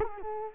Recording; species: mosquito wingbeat signal from an infrared sensor; Culex quinquefasciatus